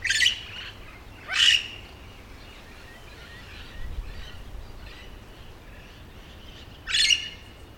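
Yellow-shouldered parrot squawks: three loud, harsh, grating calls, two close together at the start and one more after a long quiet gap, over faint low background hum.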